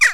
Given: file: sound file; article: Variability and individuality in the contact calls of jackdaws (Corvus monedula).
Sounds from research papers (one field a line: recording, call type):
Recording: jackdaw call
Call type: harmonic